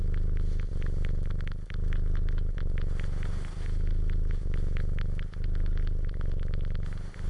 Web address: cat purring and suckling